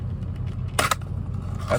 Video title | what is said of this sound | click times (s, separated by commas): How to get your CCW in Los Angeles | this thing's got good retention and it's adjustable so I don't know if you can hear this click but | 0.8 s, 0.9 s